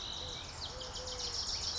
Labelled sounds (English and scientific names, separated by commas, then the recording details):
Eurasian Collared Dove (Streptopelia decaocto)
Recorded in Sonoma County, California